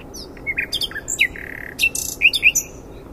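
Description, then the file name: Common nightingale song: a varied mix of sharp chirps, clicks, a sustained whistle and quick rising notes, delivered in short bursts over faint background hiss. "Luscinia megarhynchos"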